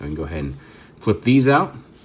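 A man talks while handling the flipped-out plastic foot pieces on an Ocular Max PS-15 Fraudo transforming robot toy, which are meant to be pushed in and locked into place so the foot does not collapse. Only speech is heard, and nothing has seated or clicked yet.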